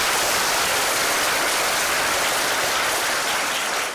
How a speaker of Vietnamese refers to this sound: Thế thì hội chúng của chúng ta đang mang cảm giác tích cực hay tiêu cực đây? À, cho một tràng pháo tay này.